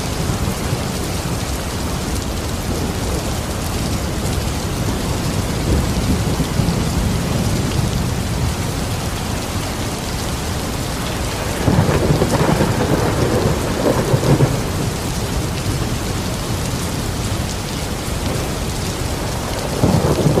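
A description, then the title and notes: Heavy rain pours steadily onto a wooden porch and roof, dense, with low rolling thunder swelling around twelve seconds and again near the end. Rolling Thunder with Rain Sounds. The rolling thunder roars across the sky. Above you can hear sounds of heavy rain trickling off of the roof and slapping the wooden porch.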